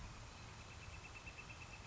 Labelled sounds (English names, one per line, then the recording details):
Northern Flicker
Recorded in Sonoma County, California